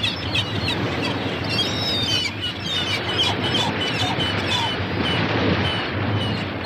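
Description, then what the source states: Gull calls, thin short cries scattered throughout above a constant rushing roar of sea surf. Gull with the sea.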